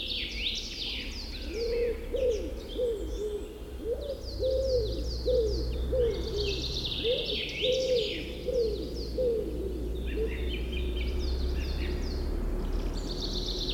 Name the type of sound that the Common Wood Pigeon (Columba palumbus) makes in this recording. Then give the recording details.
call. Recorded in the wild. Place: Gingst, Gingster Heide, Mecklenburg-Vorpommern, DE. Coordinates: 54.47, 13.334. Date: 1975-05-01. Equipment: Nagra III BH, Sennheiser MD 21, parabola. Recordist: Schubert, Michael